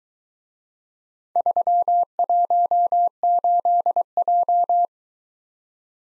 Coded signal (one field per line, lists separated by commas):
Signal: Morse code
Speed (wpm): 22 wpm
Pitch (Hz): 700 Hz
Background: none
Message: 318J